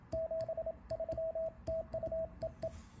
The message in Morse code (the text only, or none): 73 TU EE